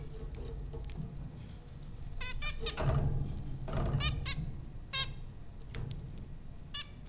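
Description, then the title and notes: Zebra finch calls: short nasal harmonic notes, some in quick doubled bursts, scattered irregularly over a steady low rumble. Zebra finches recorded by Dan Bodah at Popcorn School, Flatbush, Brooklyn, New York, in April 2009. "Dronecast: The Popcorn Finches Four from Apr 15, 2009. Zebra finches recorded by Dan Bodah at Popcorn School, Flatbush, Brooklyn NY in April 2009"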